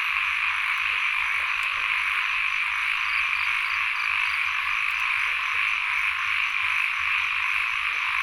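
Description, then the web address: Frogs calling together in a steady massed chorus, joined by a strong insect drone and a short series of high pulsed chirps near the middle. Frogs recorded together with insects in Sen Monorom, Cambodia. "Les Cartes Postales Sonores NOISE ON EARTH Vol 1 CAMBODIA - Insects Frogs of Sen Monorom"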